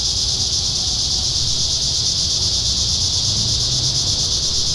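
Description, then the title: Cicadas buzzing in a steady, unbroken high-pitched drone that holds level throughout, with faint low rumble underneath. Cicadas in town. "neoscenes: cicadas in town"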